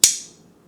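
A titanium frame-lock folding knife, a Chris Reeve Umnumzaan, is flipped open. Its blade slams against the stop pin, cushioned by a polyurethane O-ring on the thumb stud, and locks open with a loud, sharp snap at 0.0 s. A bright high ring follows and fades over about a quarter second.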